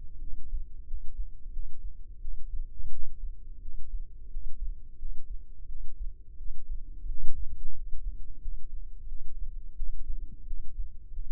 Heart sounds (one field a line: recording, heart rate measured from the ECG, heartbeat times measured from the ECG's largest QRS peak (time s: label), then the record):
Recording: heart sounds by microphone in the left ear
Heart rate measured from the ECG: 88 bpm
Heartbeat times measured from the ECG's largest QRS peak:
0.19 s: heartbeat
0.85 s: heartbeat
1.50 s: heartbeat
2.19 s: heartbeat
2.89 s: heartbeat
3.59 s: heartbeat
4.28 s: heartbeat
4.96 s: heartbeat
5.66 s: heartbeat
6.36 s: heartbeat
7.06 s: heartbeat
7.73 s: heartbeat
8.39 s: heartbeat
9.06 s: heartbeat
9.74 s: heartbeat
10.44 s: heartbeat
11.10 s: heartbeat
From the record:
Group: healthy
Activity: rest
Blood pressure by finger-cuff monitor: 65/46 mmHg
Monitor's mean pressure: 53 mmHg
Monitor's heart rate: 87 bpm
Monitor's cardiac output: 6.7 L/min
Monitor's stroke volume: 77 mL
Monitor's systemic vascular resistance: 540 dyn s/cm5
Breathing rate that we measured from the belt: 18 breaths a minute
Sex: female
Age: 19 years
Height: 163 cm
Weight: 48.9 kg